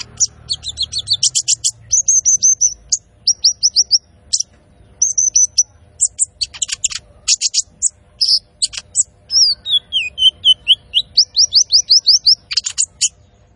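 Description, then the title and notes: Van Hasselt's sunbird singing a fast run of sharp, high twittering notes, buzzy trills and a descending whistled slur late in the run. Constantly singing (gacor) bird with full fill-ins (isian) and shots (tembakan), used to train cage birds and as a lure (pancingan). "MASTERAN KOLIBRI NINJA TERBAIK FULL ISIAN DAN TEMBAKAN MEWAH COCOK BUAT PANCINGAN. Suara Burung Kolibri Ninja Gacor"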